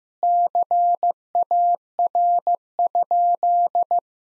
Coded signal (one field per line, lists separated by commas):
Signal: Morse code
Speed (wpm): 15 wpm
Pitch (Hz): 700 Hz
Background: none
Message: CAR?